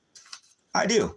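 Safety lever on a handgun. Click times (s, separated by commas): 0.2 s, 0.3 s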